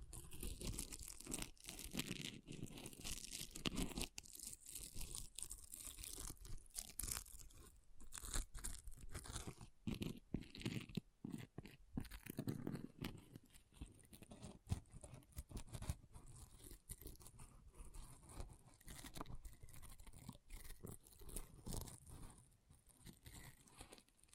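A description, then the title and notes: An object scratching in dense, irregular bursts, with rough crunching and tearing scrapes packed closely across the whole 24 seconds. The strokes vary in loudness and pace, with heavier, fuller passages around 3–4 and 12–13 seconds, and no steady rhythm. ASMR Brain Melting Object Scratching (No Talking).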